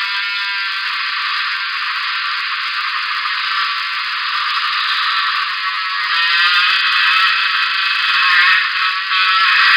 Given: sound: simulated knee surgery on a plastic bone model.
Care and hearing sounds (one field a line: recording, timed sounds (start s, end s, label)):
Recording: surgical tools on bone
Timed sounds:
0.00	9.77	sawing